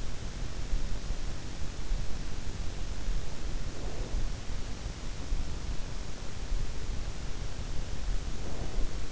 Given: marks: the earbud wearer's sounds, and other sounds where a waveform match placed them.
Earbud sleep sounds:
sounds in sleep by an in-ear microphone; breath
3.43-4.64 s: breath
8.14-9.12 s: breath

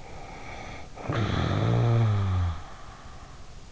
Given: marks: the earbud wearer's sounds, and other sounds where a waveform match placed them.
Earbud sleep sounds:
sounds in sleep by an in-ear microphone; snoring breath
0.11-3.34 s: snoring breath

